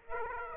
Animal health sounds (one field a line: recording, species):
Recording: mosquito wingbeat signal from an infrared sensor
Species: Aedes aegypti